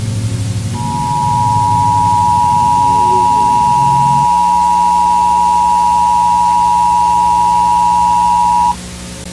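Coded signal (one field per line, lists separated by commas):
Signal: Emergency Alert System (SAME) tones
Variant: 853 and 960 Hz attention tone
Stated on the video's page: Fictional analog-horror EAS scenario made with Audacity and text-to-speech narration.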